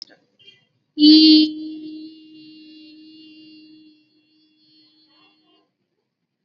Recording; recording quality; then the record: sustained vowel as in beet; excellent, no background noise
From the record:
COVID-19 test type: RT-PCR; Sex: female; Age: 18 years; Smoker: no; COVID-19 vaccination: both doses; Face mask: worn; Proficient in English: yes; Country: India